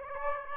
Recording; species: mosquito wingbeat signal from an infrared sensor; Aedes aegypti